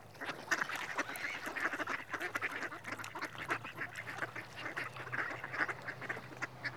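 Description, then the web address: Mallard making soft, rasping calls in quick repeated bursts, with a faint low hum in the latter part. Male. "BBC Sound Effects Library. Mallard (Anas Platyrhynchos)"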